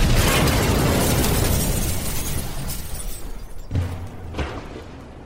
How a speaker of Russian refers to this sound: Что-то упало, тяжелое и звенящее.